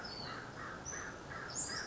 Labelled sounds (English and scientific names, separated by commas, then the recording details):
American Crow (Corvus brachyrhynchos)
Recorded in Sonoma County, California